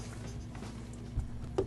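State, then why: Seated. A monitor stand's mounting bracket is lined up with the mount on the back of an INNOCN 44-inch ultrawide 120Hz gaming monitor (44C1G) and slid in, with soft handling and shuffling sounds and a low bump around 1.2 s. A sharp click at 1.6 s is the bracket locking into place, fully seated.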